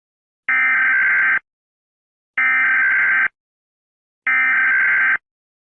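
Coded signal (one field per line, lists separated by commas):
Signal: Emergency Alert System (SAME) tones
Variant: header bursts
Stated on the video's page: Fictional EAS scenario about UFOs, not a real alert.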